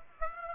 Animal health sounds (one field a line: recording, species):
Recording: mosquito wingbeat signal from an infrared sensor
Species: Aedes aegypti